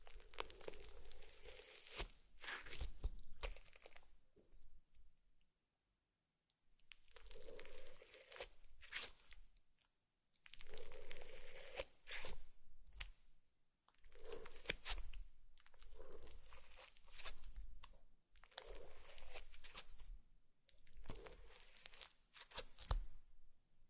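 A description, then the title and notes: Slime sounds come in bursts of wet squelching, crackling and crinkling, each lasting a second or two, with a soft hollow tone underneath. The bursts repeat every few seconds with short silent gaps between them, the longest pause around five to seven seconds. Slime Sounds.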